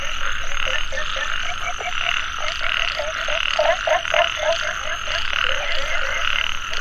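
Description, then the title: Dense frog chorus of rapid overlapping croaks, steady shrill drone above, the calling thick and nearly continuous. Frogs calling in a mountain valley at dusk; field recording. "傍晚山谷里的蛙和鸟齐鸣 声谷"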